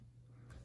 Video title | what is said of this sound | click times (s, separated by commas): How To Test iPhone LCD Screens (DL100 edition) | certainly did click now | 0.5 s